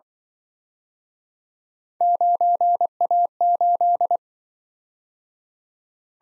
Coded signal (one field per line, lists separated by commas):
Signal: Morse code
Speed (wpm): 24 wpm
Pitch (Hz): 700 Hz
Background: none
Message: 9A8